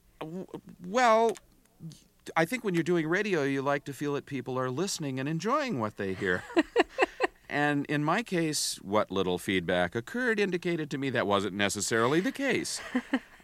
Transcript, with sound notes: Well, I think when you're doing radio, you like to feel that people are listening and enjoying what they hear.
(Laughter).
And in my case, what little feedback occurred indicated to me that wasn't necessarily the case.